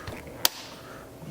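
A solar lead's plastic connector is pushed into its mating plug on a camper wiring harness. A sharp click sounds at 0.4 s, with a faint tap just before, and the connector is seated and clipped in.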